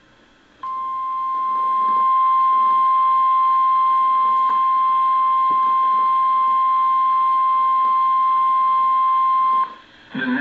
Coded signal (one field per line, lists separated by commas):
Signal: Emergency Alert System (SAME) tones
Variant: 1050 Hz attention tone